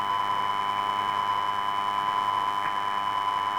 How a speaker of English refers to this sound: I'm going to bring the purge on. We'll get a master alarm.